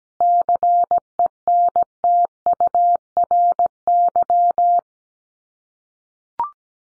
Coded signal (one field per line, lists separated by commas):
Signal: Morse code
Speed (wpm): 17 wpm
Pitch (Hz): 700 Hz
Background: none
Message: CENTURY